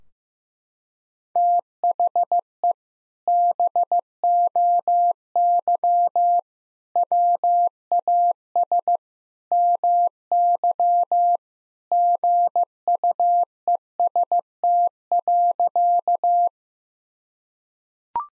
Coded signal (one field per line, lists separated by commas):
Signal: Morse code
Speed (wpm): 15 wpm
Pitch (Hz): 700 Hz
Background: none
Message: THE BOY WAS MY GUEST.